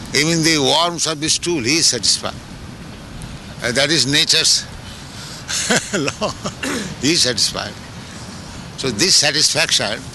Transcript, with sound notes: Even the worms of the stool, he is satisfied. That is nature's [laughs] law. He is satisfied. So this satisfaction.